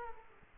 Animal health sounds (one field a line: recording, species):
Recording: mosquito wingbeat signal from an infrared sensor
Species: Aedes aegypti